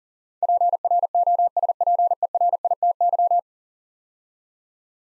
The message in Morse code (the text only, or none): PROSPERITY